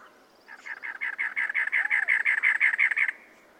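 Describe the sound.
Cactus wren song: a harsh, rasping chug repeated rapidly for roughly two and a half seconds, with a faint thin buzzy trill at the start.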